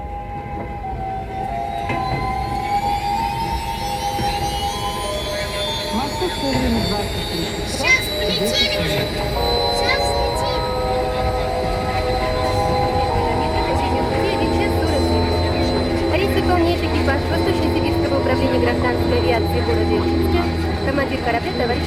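A loud, steady airplane cabin engine drone fills the whole stretch, with high whining tones rising and settling early on before holding a constant, humming roar.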